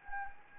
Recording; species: mosquito wingbeat signal from an infrared sensor; Anopheles gambiae